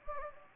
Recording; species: mosquito wingbeat signal from an infrared sensor; Anopheles gambiae